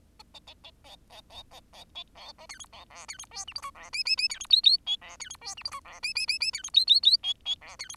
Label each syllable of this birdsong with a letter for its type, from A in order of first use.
A A A B B B B B A B C D E B F D E G H I J F K K K D E L L A F D E G H I J F K K K K D E L L L A A F D E